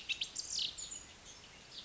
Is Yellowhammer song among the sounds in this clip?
no